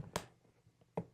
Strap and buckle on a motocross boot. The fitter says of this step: you just push that back underneath those teeth and that locks into place.